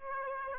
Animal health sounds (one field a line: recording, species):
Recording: mosquito wingbeat signal from an infrared sensor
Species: Aedes aegypti